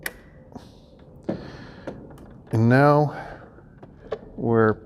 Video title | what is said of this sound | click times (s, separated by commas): Installing the Door Cards in an Aston Martin DB9 | we're going to make sure that clicks in | 0.1 s